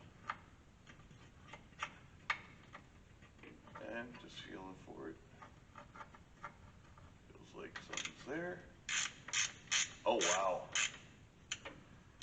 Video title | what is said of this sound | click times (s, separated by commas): SERVICE CALL ON 51 CHEVY RATROD | now that one i actually believe may be stripped out so i'm | 9.3 s